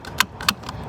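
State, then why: Seated. A fuel filler cap is set gently into a van's filler neck and lightly turned, giving light clicks at about 0.1, 0.2, 0.4, 0.5 and 0.7 seconds. The cap clicks home and is seated, unlike the loud clicks from cramming it in, when it does not attach.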